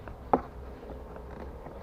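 A plastic door trim clip is pressed into the driver's door panel of a Toyota Corolla, where the trim was removed to fix a rattle heard when the door closes. A single sharp snap at 0.3 s marks the clip seating home, confirmed as pressing straight into place, over a low steady background hum.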